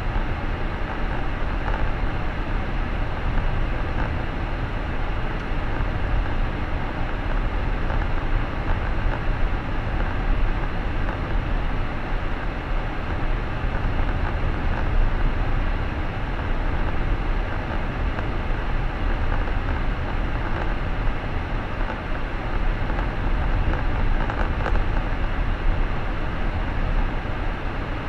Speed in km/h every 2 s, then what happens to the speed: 36, 37, 39, 40, 39, 37, 37, 39, 41, 40, 38, 37, 37, 39.
0-28 steady at about 38.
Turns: none.